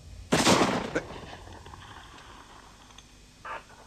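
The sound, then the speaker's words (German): A single loud gunshot bursts out and rings off over a lingering tail, then a quieter, short sharp sound follows a few seconds later, with no voices. “Finger weg von der Kanone! Fallen lassen! Ich denke ja gar nicht dran.”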